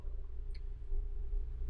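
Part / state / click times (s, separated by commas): suspension control wire connector into fork Live valve / seated / 0.5 s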